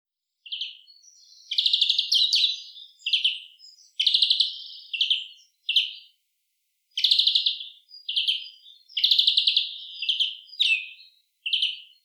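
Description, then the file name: European greenfinch singing: a series of rapid trills and twittered phrases, with a short pause midway, against a quiet background. "Chloris chloris"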